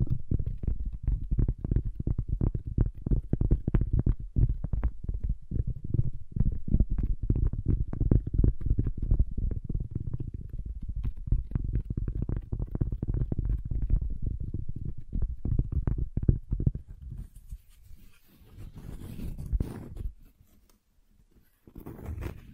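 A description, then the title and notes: Wood triggers: dense, rapid low thumping and rubbing for most of the clip, easing after seventeen seconds into quieter, brighter scratchy sounds with brief pauses. ASMR Calming Wood Triggers for Sleep (No Talking).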